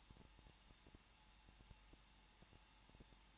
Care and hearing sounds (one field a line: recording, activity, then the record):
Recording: daily activity, microphone in the room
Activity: no activity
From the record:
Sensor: 1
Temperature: 20.0 degrees Celsius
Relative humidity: 39.5%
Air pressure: 1006.4 hPa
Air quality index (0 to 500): 220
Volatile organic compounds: 83 ppm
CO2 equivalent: 3635 ppm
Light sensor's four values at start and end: 1/2/1/1 and 1/2/1/1